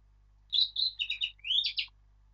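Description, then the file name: Eurasian blackcap singing one short, rich phrase of clear whistles and warbled notes, ending in a loud fluty flourish. "Sylvia atricapilla"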